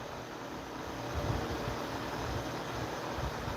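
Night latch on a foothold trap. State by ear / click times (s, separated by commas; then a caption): not seated / none. A night latch on a steel foothold trap is being engaged while the trap is set, heard only as a steady broadband rumble with low-frequency thumps and no sharp transients. Nothing has clicked or seated yet.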